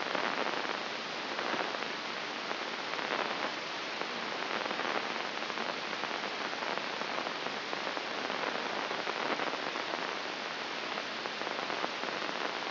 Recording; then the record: brain microelectrode recording played as sound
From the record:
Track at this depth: inside the subthalamic nucleus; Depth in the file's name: 2.035 mm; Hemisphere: left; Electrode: 2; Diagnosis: Parkinson's disease